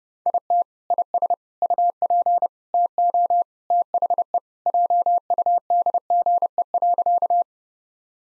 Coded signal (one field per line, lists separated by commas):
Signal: Morse code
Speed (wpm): 32 wpm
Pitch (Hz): 700 Hz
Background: none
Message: IT IS UP TO THE JUDGE.